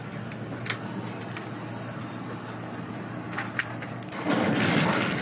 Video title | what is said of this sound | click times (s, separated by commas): Rocwood 3000 PSI 7HP Petrol Pressure Jet Washer assembly instructions | standard hose lock caption pushes on until you hear a click to | 0.7 s